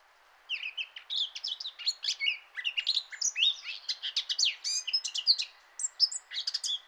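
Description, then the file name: Eurasian blackcap song: brisk, chattering warble of quick high notes and twittery phrases, starting after a brief quiet moment and continuing steadily to the end. "Sylvia atricapilla"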